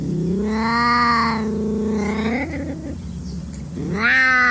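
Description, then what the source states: Ocelot yowling: one long, drawn-out cry, then near the end a second cry rising in pitch. Wild cat.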